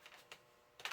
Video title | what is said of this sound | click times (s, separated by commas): ASSEMBLY OF THE FMS KINGFISHER V2 by Fat Guy Flies RC | It only fits one way. You heard it pop right in. | 0.8 s